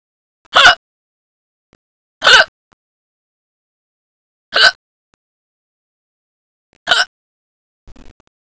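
Four short, sharp, involuntary bursts about two seconds apart from an adult, with silence between them and a faint rustle at the end. Repeated hiccups, a brief spasm of the diaphragm ending in sudden closure of the vocal cords.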